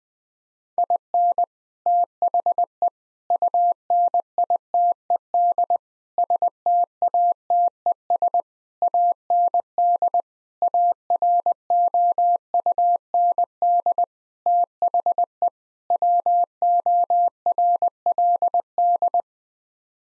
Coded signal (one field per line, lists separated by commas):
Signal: Morse code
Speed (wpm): 20 wpm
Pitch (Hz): 700 Hz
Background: none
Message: IN THE UNITED STATES AND AROUND THE WORLD